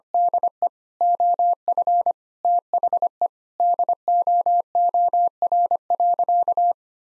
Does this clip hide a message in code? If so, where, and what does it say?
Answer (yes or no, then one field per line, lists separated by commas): yes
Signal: Morse code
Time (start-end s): 0.1-6.7 s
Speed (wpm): 25 wpm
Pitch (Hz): 700 Hz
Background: none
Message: DE OF THE DOOR.